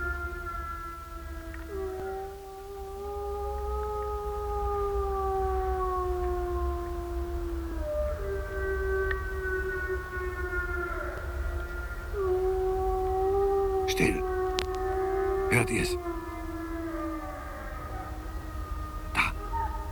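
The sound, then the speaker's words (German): Several wolves howl together in long, overlapping, sustained tones that slowly rise and fall in pitch, over a low steady rumble, with a couple of sharp clicks near the end. “Wie viele mögen es wohl sein? Das Vieh ist drin.”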